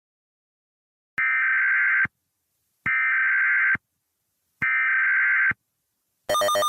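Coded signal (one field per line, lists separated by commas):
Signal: Emergency Alert System (SAME) tones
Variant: header bursts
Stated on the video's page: Fictional emergency alert scenario, a simulated alert that may or may not contain valid EAS tones.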